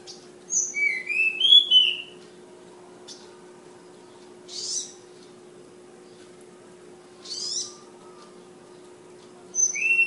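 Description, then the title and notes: Flowerpecker song: an opening phrase of high, thin whistles, then scattered short buzzy chirps spaced a few seconds apart, with a faint hum throughout. Bird named Ababil, from Kudus; local names tledekan and sulingan. "Tledekan/Sulingan ABABIL. Suara Burung Tledekan Ababil dari Kudus"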